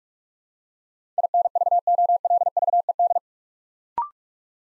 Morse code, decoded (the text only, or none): INVOLVED